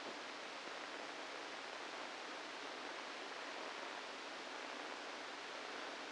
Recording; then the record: brain microelectrode recording played as sound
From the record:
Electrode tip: inside the subthalamic nucleus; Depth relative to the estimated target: 0 mm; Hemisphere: right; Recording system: NeuroSet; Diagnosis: Parkinson's disease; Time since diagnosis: 8 years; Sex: male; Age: 65 years